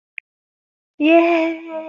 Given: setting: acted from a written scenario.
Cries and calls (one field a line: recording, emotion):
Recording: vocal sound without words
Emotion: positive surprise